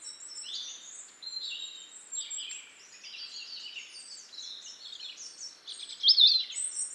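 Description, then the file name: European robin song: thin, high, liquid warbled phrases, varied and tumbling, with a brighter twittering burst near the end. "Erithacus rubecula"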